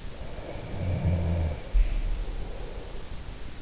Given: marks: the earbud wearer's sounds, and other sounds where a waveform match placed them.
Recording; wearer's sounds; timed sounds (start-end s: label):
sounds in sleep by an in-ear microphone; snoring breath
0.17-3.59 s: snoring breath